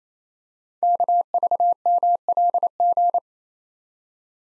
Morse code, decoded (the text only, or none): KVMLG